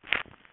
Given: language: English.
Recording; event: throat vibration sensor signal played as sound; swallow